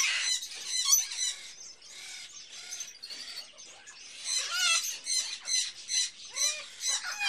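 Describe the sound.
Hatchling bird chirping: scratchy squealing notes running together early, then more separate rasping calls in quick succession.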